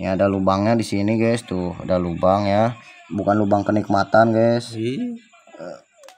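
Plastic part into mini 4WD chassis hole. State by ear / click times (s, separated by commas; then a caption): seated / 6.0 s, 6.1 s. Someone talks while a plastic part is pushed into its hole in a plastic Mini 4WD model car chassis. After the talking fades, two short, sharp clicks at 6.0 s and 6.1 s mark the part snapping home, fully seated.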